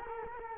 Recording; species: mosquito wingbeat signal from an infrared sensor; Culex quinquefasciatus